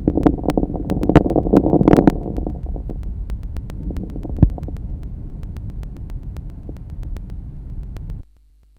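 Adult chest by stethoscope. Numerous late (end-inspiratory) fine crackles that increase in number and intensity at the end of inspiration, best heard with slow, large-volume breathing; seen in alveolar disease.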